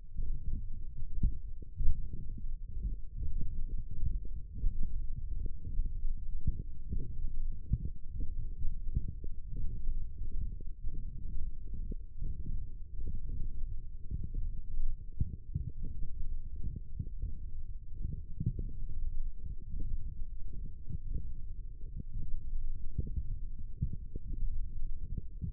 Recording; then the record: forearm muscle sounds (acoustic myography)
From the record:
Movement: forearm supination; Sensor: system 1, eight BSWA MPA416 microphones around the upper forearm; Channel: 2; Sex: male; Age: 21 years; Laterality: right